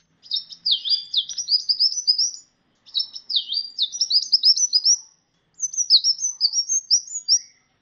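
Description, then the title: Sunbird song in three fast bursts of high, twittering notes that dip and rise, each burst about two seconds long with brief gaps between. "kicau kolibri"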